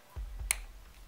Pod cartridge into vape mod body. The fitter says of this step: the inside of the mod just click it down in there till it clicks